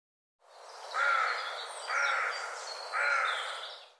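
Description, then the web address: Bird calls: three hoarse notes about one second apart, each fading after a sharp start, over a hiss of background noise. "cianscape birddata Deverinetal 2025"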